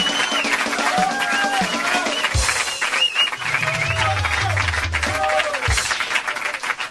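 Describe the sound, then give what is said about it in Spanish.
An audience at a Flaco Pailos comedy show applauds steadily for several seconds. The dense clapping mixes with shouts and cheers rising above it, with some low thumps and rumbling underneath. “Fuerte el aplauso, señor.”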